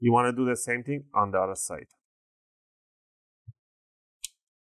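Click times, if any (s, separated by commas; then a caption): 4.2 s. Someone talks for about the first two seconds while the captive screw on the other side of a Dell Inspiron 15 5000 (P102f) laptop's plastic bottom cover is turned. After a soft low thump near 3.5 s, a sharp click at 4.3 s is heard as the cover lifts and its clips pop open, releasing it from the chassis.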